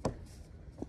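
A laminate or timber floor board, angled into the slot of the adjacent board and dropped down, gives a sharp click at 0.1 s as its drop-lock joint clips in, followed by two fainter knocks near the end. The board is still slightly raised afterward because the joint is not fully seated.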